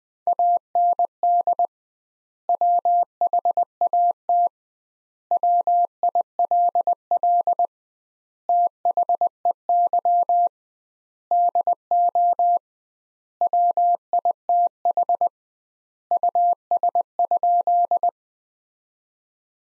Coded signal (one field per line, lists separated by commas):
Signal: Morse code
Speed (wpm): 20 wpm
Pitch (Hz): 700 Hz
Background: none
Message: AND WHAT WILL THEY DO WITH US?